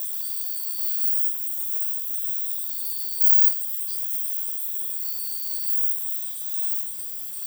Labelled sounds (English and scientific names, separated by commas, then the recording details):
none
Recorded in dense forest near Puerto Asís, Putumayo, Colombia, on 19 February 2024 at 04:00
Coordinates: 0.505, -76.324
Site G6467